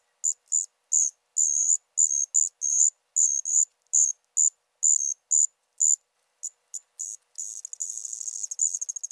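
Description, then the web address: Allard's ground cricket song given as short high trilled bursts, each under half a second, spaced irregularly, ending in a faster continuous trill. "Crickets and Katydids. Allard's Ground Cricket, Allonemobius allardi"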